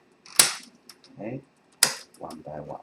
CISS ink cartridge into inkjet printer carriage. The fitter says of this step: you hear the clicks on this okay